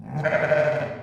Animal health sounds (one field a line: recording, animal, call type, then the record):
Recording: contact call of a hoofed animal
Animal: sheep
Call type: low-frequency (closed-mouth) or high-frequency (open-mouth) call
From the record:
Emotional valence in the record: negative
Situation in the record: short social isolation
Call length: 1.03 s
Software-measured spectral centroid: 1400 Hz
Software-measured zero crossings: 1390 a second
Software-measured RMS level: -23 dBFS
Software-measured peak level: -9 dBFS